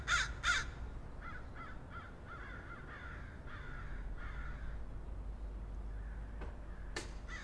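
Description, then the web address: Crow calls: two loud harsh caws open, followed by a long string of fainter rasping caws and sharp clicks near the end. "wrony"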